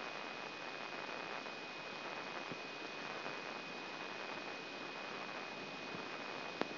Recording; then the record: brain microelectrode recording played as sound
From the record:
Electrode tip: inside the subthalamic nucleus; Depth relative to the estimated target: 0 mm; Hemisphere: left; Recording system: AlphaMap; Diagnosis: Parkinson's disease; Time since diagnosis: 7 years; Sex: female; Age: 56 years